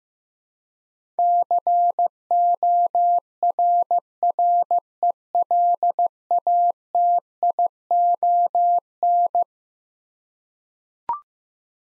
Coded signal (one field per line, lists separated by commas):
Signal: Morse code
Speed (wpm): 15 wpm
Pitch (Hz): 700 Hz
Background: none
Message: CORRELATION